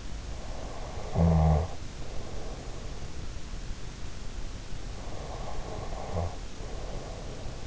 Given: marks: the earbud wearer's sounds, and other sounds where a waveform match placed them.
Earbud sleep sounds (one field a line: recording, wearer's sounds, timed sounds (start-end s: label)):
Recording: sounds in sleep by an in-ear microphone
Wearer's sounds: snoring breath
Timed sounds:
0.63-2.99 s: snoring breath
5.00-7.67 s: snoring breath